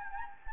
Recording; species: mosquito wingbeat signal from an infrared sensor; Anopheles gambiae